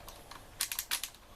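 The magazine cap of a Baykal MP 155 semi-automatic shotgun is screwed back onto the magazine tube during reassembly. Its small safety ratchet gives sharp clicks at 0.6, 0.7, 0.8 and 1.0 s. The cap ends up seated.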